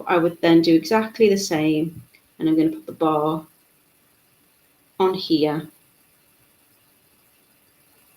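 Someone talks while getting ready to put the bar of a toggle clasp onto a metal jump ring, which will be closed with pliers so its cut ends line up and click together. Speech runs for about the first 3.5 seconds, returns briefly around 5.0–5.7 seconds, and then it goes quiet. Nothing has clicked or seated yet.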